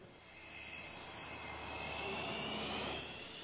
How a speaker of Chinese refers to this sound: 千里之外，由红方歼击机、预警机、侦察机、电子干扰飞机等组成的战斗机群不断变换着队形和方向，逐渐压近边界线。